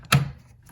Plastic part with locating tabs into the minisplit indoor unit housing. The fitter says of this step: There you can see it popped in.